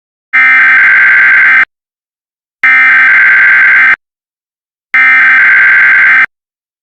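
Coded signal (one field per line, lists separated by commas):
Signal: Emergency Alert System (SAME) tones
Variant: header bursts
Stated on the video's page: Fictional EAS scenario, not a real alert.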